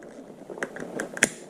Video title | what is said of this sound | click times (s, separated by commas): Making a WAREN Quick Disconnect for 12 Volt system. Many uses for them. | click and you're good to go that's it | 1.2 s